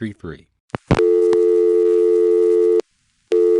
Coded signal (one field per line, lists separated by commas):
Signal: telephone call progress tone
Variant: North America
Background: speech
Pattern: dial tone